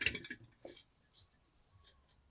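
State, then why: Not seated. A lamp arm section of a Hobby Arch LED Lamp from Green Stuff World is handled and pushed toward its place in the lamp frame. There is a quick burst of small, sharp mechanical clicks and rattles in the first 0.3 seconds, then a softer knock near 0.65 seconds and faint handling noise. Nothing has seated or clicked into place yet.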